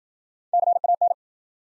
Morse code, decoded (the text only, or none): CAN